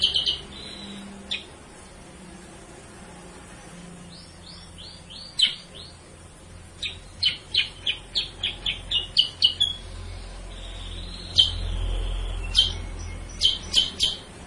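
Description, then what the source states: Sooty-headed bulbul song with varied high chirps in fast runs and scattered sharp notes over a low rumble. Masteran: a training recording used to teach cage birds; also described as a lure sound.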